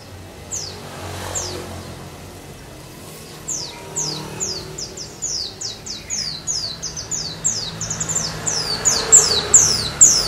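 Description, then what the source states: White-eye song: high, steeply falling whistled notes, sparse at first, then quickening and growing louder into a dense run. Pleci song with canary fill-in (isian kenari), used for tutoring (masteran).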